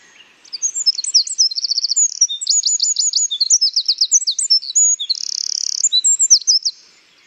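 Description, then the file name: Eurasian wren song: an explosive run of piercing high notes, quick rattling trills and a long buzzing reel, delivered nonstop for about six seconds. "Troglodytes troglodytes"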